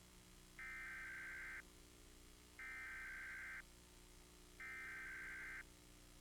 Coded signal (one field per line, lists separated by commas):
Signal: Emergency Alert System (SAME) tones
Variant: header bursts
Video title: WGGS - EAS Test - January 8, 1997 (one week after EAS release ! )